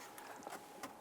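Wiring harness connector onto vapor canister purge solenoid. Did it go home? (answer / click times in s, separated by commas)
no / none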